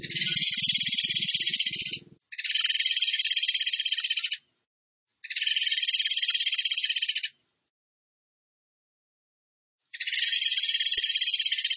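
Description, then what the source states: Bird song of long, dry, buzzy high trills, each about two seconds, repeated with short pauses and one longer gap; a faint low rumble early on. Bird training (masteran) song in the gacor tembakan style.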